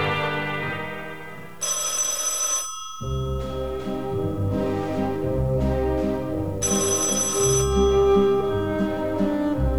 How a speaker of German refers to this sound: Das Telefon klingelt. Und immer mitten in der Nacht, als wäre ich ein Notarzt.